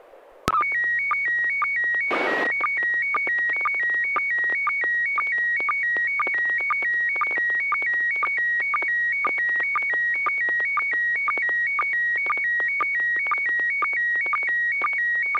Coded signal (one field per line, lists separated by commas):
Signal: SSTV (slow-scan television)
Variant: PD 120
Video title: N6NA SSTV Net - 12/01/2021